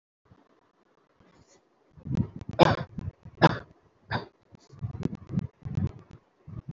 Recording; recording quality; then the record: heavy voluntary cough; moderate, slight background noise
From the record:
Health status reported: healthy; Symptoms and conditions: none ticked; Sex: male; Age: 39 years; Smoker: not ticked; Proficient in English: yes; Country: India